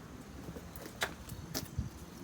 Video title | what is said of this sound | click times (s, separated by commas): Why You Shouldn’t Buy The Cheapest Greenhouse on Amazon -VEVOR Greenhouse Review | you hear it click | 1.0 s